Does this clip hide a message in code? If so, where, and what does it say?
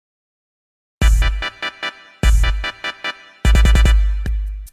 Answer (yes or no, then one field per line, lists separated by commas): no